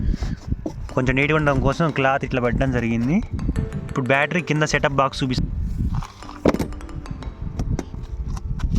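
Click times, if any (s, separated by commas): 6.5 s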